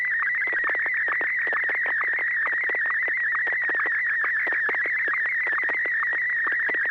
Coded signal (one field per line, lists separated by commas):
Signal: SSTV (slow-scan television)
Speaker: just maybe what we'll do is get started with our first